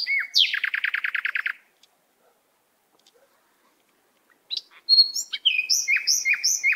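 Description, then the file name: Canary song: a dense burst of rapid downward-sweeping notes, a quiet stretch, then sweet varied chirps repeated in a lively run. "Canary Voice"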